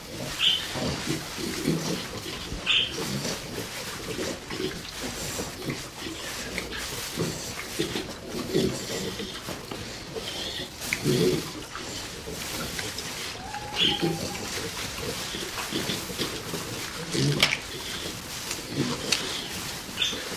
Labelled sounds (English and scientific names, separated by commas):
Hamadryas Baboon (Papio hamadryas) call